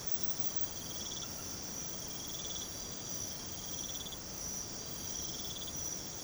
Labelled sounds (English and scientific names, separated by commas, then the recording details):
none
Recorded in pastures near Puerto Asís, Putumayo, Colombia, on 13 March 2025 at 02:30
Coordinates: 0.486, -76.323
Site G075